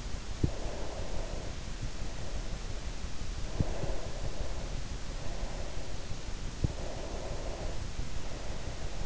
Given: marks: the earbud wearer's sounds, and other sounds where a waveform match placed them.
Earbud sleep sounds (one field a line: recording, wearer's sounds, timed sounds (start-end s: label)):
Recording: sounds in sleep by an in-ear microphone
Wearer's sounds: breath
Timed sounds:
0.39-2.86 s: breath
3.43-5.90 s: breath
6.86-9.06 s: breath